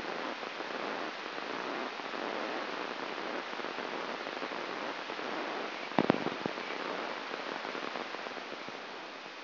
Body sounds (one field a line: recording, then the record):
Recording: brain microelectrode recording played as sound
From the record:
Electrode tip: inside the subthalamic nucleus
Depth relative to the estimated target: 3 mm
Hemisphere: right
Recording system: AlphaMap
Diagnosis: Parkinson's disease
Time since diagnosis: 10 years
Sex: female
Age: 63 years